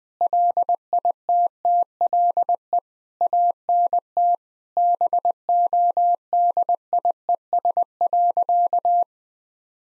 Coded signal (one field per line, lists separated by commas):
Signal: Morse code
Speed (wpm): 20 wpm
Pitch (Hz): 700 Hz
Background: none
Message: LITTLE ANT BODIES.